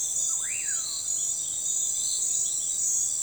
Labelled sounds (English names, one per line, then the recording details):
Common Pauraque
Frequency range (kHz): Common Pauraque 0.6-3.0 kHz
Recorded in forest near Pivijay, Magdalena, Colombia, on 17 April 2023 at 04:00
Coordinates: 10.467, -74.380
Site Z5-G034